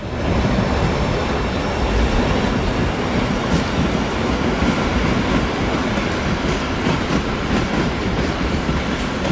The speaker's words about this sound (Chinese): 听到他们的火车声